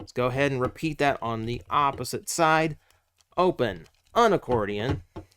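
Someone talks while handling the folded accordion leg panel on the second side of a plastic transforming robot figure, getting it ready to flip in and snap into a leg. A brief faint tap is heard near 5.2 s, but nothing has seated or clicked yet.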